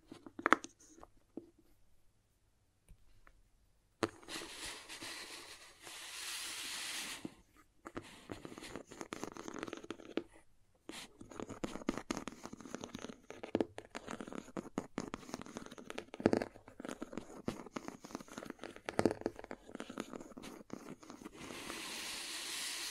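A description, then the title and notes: Crayons tap, scrape and drag across a surface, with a few sparse clicks during the first four seconds. After that comes a long run of dense, gritty scratching and cutting strokes, broken by brief pauses near eleven and sixteen seconds. ASMR Sleepy Crayons Tapping, Carving, Cutting, Drawing Sounds (No Talking).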